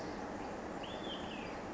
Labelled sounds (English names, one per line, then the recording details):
Olive-sided Flycatcher
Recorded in Sonoma County, California